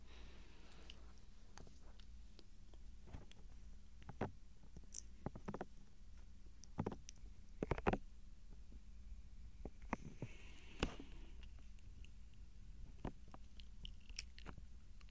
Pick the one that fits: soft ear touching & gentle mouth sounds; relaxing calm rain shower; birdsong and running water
soft ear touching & gentle mouth sounds